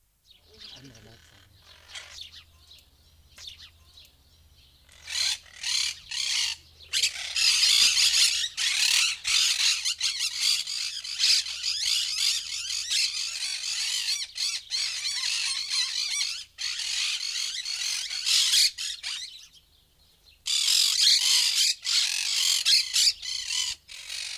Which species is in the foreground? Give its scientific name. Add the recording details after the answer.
Myiopsitta monachus. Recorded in captivity. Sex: group. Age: adult. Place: Zoo Halle, Sachsen-Anhalt, DE. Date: 2002-06-17 15:38. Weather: sonnig, 27°C. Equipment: Nagra SN, Kopie Uher 4000 Report Monitor. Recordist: Tembrock, Günter